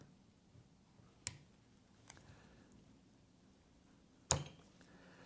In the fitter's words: Clicks into place, make sure it's seated, and that is it.